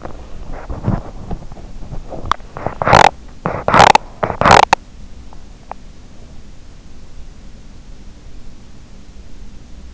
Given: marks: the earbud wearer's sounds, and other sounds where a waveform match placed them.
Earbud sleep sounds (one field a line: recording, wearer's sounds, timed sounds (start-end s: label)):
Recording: sounds in sleep by an in-ear microphone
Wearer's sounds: teeth grinding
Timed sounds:
0.00-5.84 s: teeth grinding